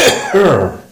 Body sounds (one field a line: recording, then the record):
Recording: coughing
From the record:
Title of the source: Mid-morning Winter Coughing Fit